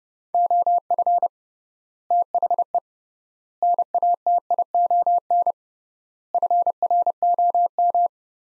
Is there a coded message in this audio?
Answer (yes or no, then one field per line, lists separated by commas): yes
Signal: Morse code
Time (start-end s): 0.3-8.1 s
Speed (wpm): 32 wpm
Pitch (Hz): 700 Hz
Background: none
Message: OF THE NATION FROM